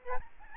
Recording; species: mosquito wingbeat signal from an infrared sensor; Aedes albopictus